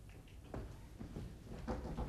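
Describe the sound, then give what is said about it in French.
Several knocks on a door in a 1953 recording of Bourdet's play Les Temps Difficiles, about four dull thumps spaced unevenly over a low steady background rumble, with no voices. “On frappe à la porte.”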